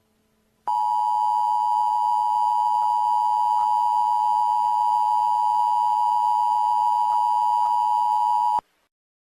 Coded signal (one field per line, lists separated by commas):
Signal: Emergency Alert System (SAME) tones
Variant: 853 and 960 Hz attention tone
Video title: Nuclear Attack - An EAS Scenario